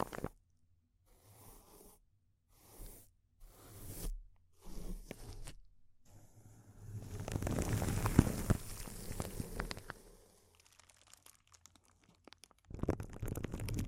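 Crinkling plastic or foil heard close-up. Short bursts come in the first six seconds with silent gaps between them, then a dense, bright stretch of crackling runs from about 7 to 10 seconds. After a quieter lull, a loud rustle returns near the end.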